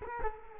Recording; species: mosquito wingbeat signal from an infrared sensor; Culex quinquefasciatus